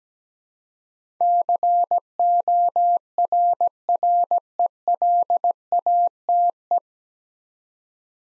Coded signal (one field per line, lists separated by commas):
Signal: Morse code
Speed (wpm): 17 wpm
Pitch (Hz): 700 Hz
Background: none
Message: CORRELATE